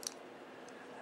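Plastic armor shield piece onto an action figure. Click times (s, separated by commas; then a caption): 0.1 s. The last plastic armor piece, the back shield assembly, snaps onto a Power Rangers Armored Mighty Morphin Green Ranger action figure with a single sharp, bright click at 0.1 s, followed by a quiet steady background and a fainter high tick near 0.7 s. The piece seats and the figure is complete.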